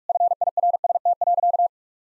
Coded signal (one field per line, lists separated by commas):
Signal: Morse code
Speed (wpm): 46 wpm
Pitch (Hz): 700 Hz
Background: none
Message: FIRST.